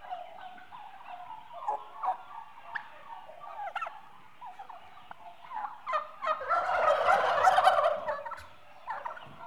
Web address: BBC Sound Effects Library BBC 35-Livestock 2 8 Month Old Turkeys- Mostly Hens